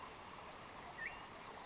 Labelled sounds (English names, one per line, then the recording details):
Western Flycatcher
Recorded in Sonoma County, California